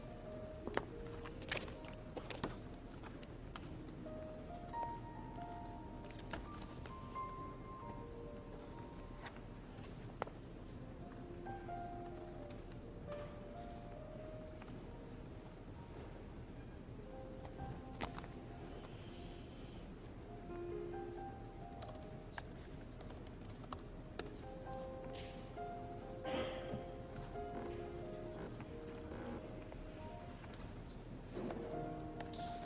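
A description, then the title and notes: A steady murmur of ambience in the Yale library, with a low continuous hum underneath and overlapping snatches of faint voices. Short clicks, taps and small knocks break through often and irregularly across the whole stretch, a few standing out sharper than the rest. Study with me at hogwarts (aka the yale library!).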